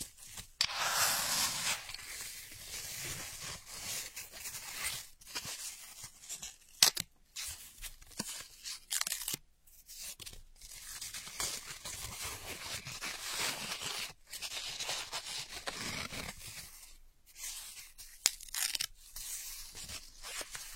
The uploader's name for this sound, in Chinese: 抠耳朵